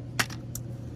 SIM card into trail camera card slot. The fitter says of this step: and you'll hear it click too